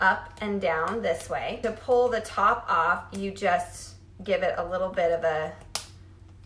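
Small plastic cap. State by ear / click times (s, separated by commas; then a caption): released / 5.8 s. Someone talks while tugging the plastic top off a loose-powder brush applicator. At 5.8 s the cap comes free with one sharp snap, and the brush is released.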